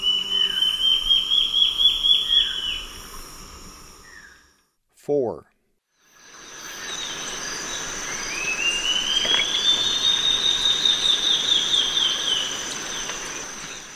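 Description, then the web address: Olivaceous woodcreeper song: a series of high, upslurred whistled notes at the start, then a longer series rising in pitch after a brief silence and click, with insect buzz behind. Eastern lowlands of South America. "Natures Songs S America Eastern Lowlands. Olivaceous Woodcreeper"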